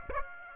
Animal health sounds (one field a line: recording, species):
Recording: mosquito wingbeat signal from an infrared sensor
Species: Aedes aegypti